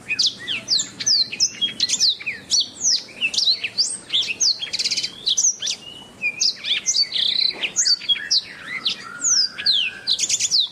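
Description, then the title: Oriental magpie-robin in sustained song, a long rich jumble of whistled phrases, chirps, downslurred notes and brief harsh trills with hardly a pause throughout. "Kicau Kacer"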